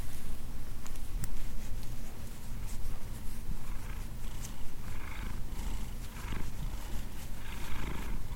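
Cat purring as a continuous deep rumble, with a few brief rustling sounds.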